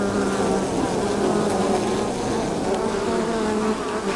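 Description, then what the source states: Bees buzzing in a dense, continuous drone with a steady low hum, many wingbeats overlapping throughout without pause. Hive exterior landing zone, very close, stereo.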